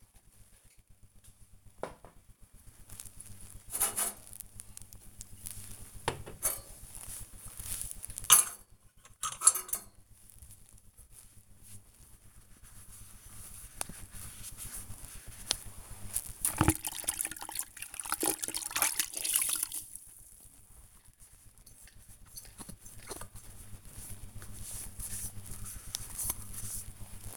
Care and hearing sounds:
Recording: household activities, microphone on the right wrist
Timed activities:
0.00-27.36 s: cleaning the cupboard

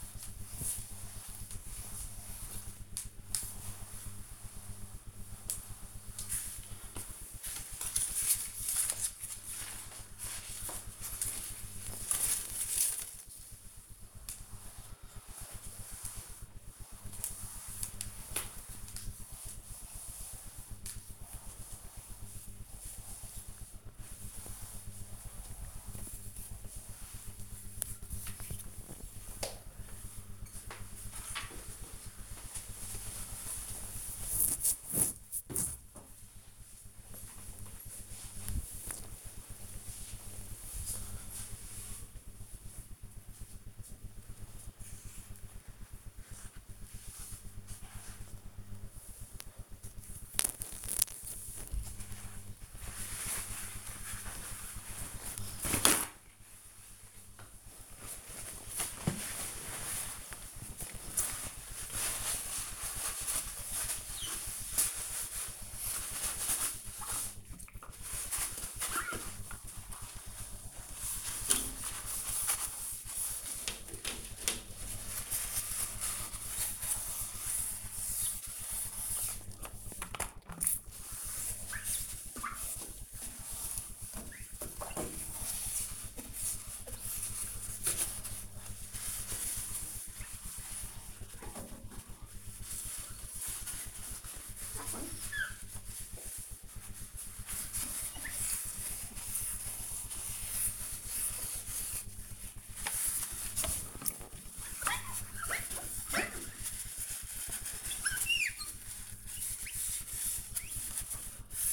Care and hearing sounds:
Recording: household activities, microphone on the right wrist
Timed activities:
0.00-29.07 s: floor cleaning
53.27-111.73 s: window cleaning

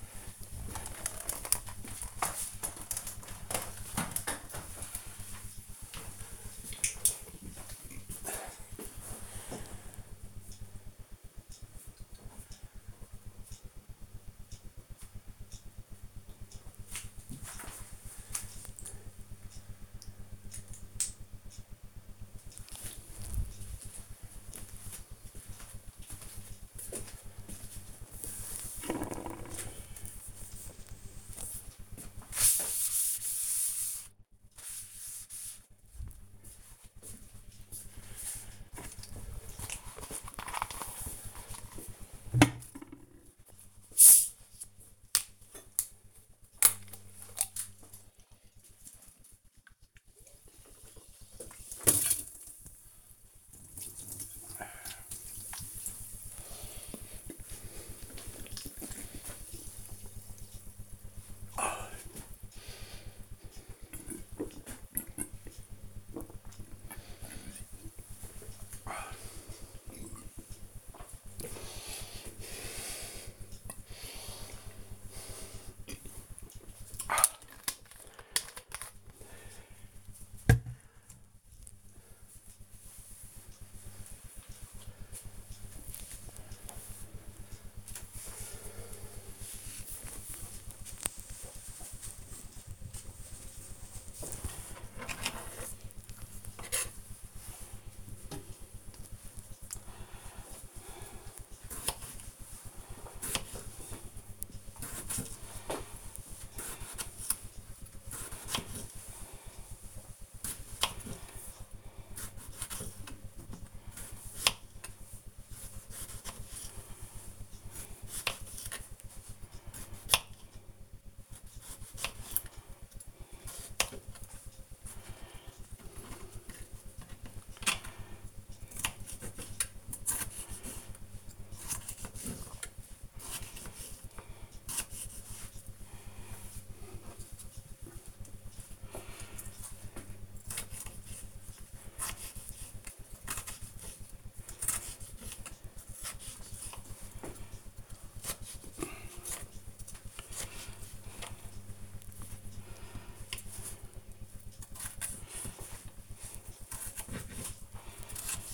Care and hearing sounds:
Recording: household activities, microphone on the right wrist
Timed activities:
38.51-76.68 s: drinking
94.80-158.54 s: cutting vegetables

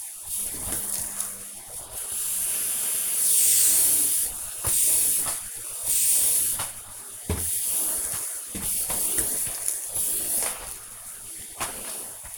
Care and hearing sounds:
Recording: household activities, microphone on the right wrist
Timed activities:
0.00-12.38 s: vacuum cleaning

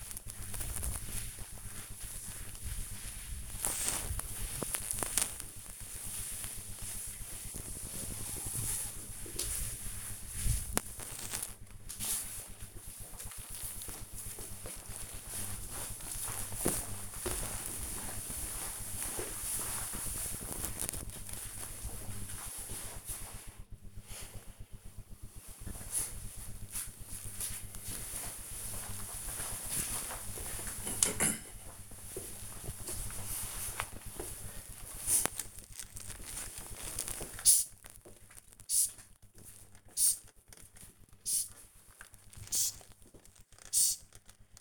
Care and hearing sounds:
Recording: household activities, microphone on the right wrist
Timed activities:
0.00-11.41 s: cleaning table
34.56-44.61 s: window cleaning

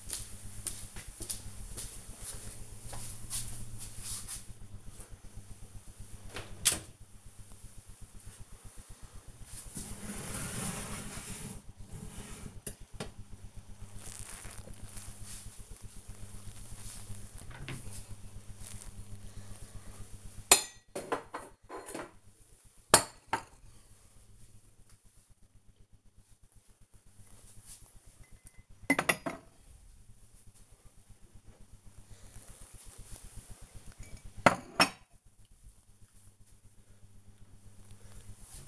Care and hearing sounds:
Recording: household activities, microphone on the right wrist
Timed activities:
5.50-38.68 s: cleaning out the dishwasher

